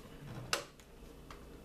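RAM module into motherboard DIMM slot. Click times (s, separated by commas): 0.5 s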